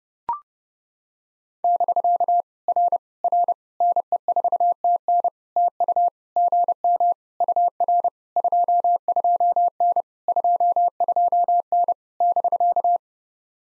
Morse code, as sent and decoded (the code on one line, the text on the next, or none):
-...-.- / .-. / .-. / -. . ....- - -. / - ..- / --. -- / ..- .-. / ..--- ..--- -. / ..--- ..--- -. / -...-.-
<BK> R R NE4TN TU GM UR 22N 22N <BK>